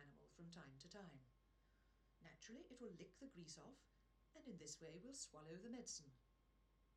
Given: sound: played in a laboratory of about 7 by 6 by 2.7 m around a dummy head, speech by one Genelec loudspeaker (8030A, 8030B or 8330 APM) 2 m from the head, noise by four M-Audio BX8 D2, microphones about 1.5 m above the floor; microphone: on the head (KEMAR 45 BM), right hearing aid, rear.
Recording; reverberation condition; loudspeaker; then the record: female speech in English; low; behind (180 degrees)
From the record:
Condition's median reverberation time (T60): about 310 ms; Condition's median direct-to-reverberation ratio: about 3.5 dB